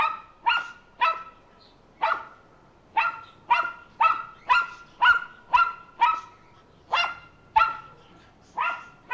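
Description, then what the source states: Small dog barking, sharp high yaps repeated about twice a second in an uneven rhythm, with brief pauses between bursts. Small dog, barking continuously.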